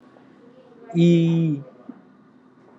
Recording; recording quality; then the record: sustained vowel as in beet; excellent, no background noise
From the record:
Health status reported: exposed to COVID-19, no respiratory illness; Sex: male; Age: 31 years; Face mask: not worn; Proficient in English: yes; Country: India